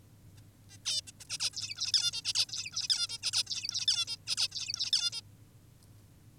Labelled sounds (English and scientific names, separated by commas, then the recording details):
Zebra Finch (Taeniopygia guttata)
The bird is an adult
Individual g19o10U